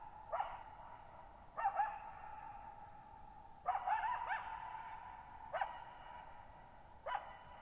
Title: Coyote Gives One Final Performance Before We Return To Silence